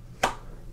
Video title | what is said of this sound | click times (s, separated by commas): Hidden Hybrid Holster: comfort in a compact package! | so you hear a small click it's not the loudest click | 0.2 s